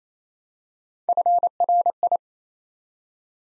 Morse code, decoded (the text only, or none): FRI